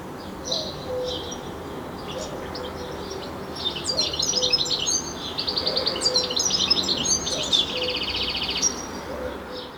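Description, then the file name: European Goldfinch calls: high tinkling twitters and buzzy trills in scattered bursts, busiest midway, with soft low tonal notes underneath. "Carduelis carduelis"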